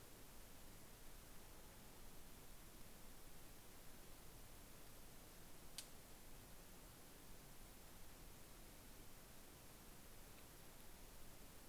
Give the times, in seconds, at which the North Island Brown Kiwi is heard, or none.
none